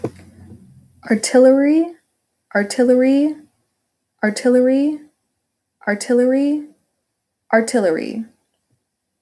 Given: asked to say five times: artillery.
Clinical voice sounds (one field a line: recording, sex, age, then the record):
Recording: repeated word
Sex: female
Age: 30 to 39 years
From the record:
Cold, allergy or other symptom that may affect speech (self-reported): no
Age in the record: 37 years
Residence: Washington, United States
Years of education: 18